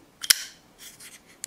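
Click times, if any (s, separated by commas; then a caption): 0.3 s. After reassembly with the torsion bar removed, the blade of a Zero Tolerance 0350 knife is flicked open into the open lock of its handle. A faint tick is followed by a sharp, bright snap at 0.3 s, then a short ringing tail, softer rustling, and another sharp tick near the end. The blade snaps into place and locks up solidly.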